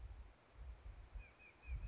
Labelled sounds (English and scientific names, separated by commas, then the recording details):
White-breasted Nuthatch (Sitta carolinensis)
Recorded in Sonoma County, California